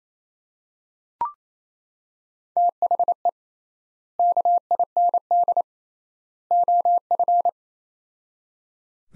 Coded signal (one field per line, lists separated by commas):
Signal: Morse code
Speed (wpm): 28 wpm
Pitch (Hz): 700 Hz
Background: none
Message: THE KIND OF